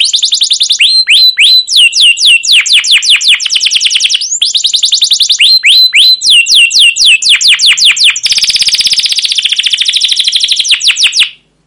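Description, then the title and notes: Canary song of rapid descending sweeps and warbled phrases, growing harsher and buzzier near the end before stopping abruptly. Caged canary song used as a lure and master recording to train young canaries to learn sounds; described as chirping and rolling with long, lively emotional singing. "CUIT CUIT NGEROL LANGSUNG GACOR PANJANG Kenari Ini AMPUH Utk Pancingan KENAR. PANCINGAN Kenari GACOR PANJANG Cuit CUIT EMOSI ini AMPUH utk MASTERAN Kenari PAUD belajar BUNYI. burung kenari"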